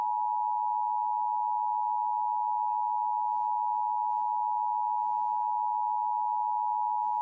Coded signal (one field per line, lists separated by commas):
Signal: Emergency Alert System (SAME) tones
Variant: 853 and 960 Hz attention tone